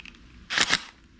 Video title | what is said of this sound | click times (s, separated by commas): Honda Lawn mower HRN216 Won't start. Carburetor cleaning. Will it work? | again nothing crazy nothing hard I know my drill very well so I know when I hear that click | 0.1 s, 0.7 s